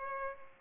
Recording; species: mosquito wingbeat signal from an infrared sensor; Culex pipiens